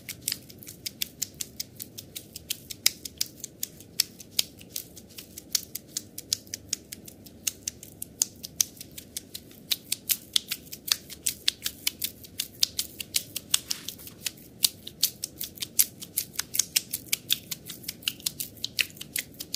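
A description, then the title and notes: Sticky honey massage sounds: a dense, steady stream of crisp, wet clicks and snaps, irregular and fast, running the whole time. Beneath them sits a soft, low rubbing murmur that stays even throughout. ASMR sticky massage. Honey liquid for back & neck. Sensual massage with sweet honey.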